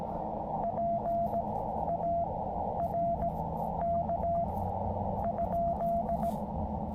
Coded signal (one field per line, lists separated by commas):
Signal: Morse code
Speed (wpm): 18 wpm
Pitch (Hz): 690 Hz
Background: radio noise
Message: PARK?